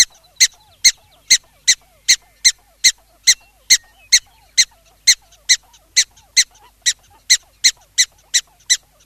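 Black-tailed prairie dog calling with a rapid, even series of shrill chirped barks, over two per second, and faint squeaky notes in between.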